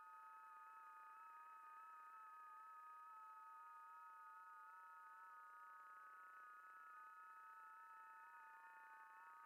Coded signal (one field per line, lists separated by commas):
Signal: FT8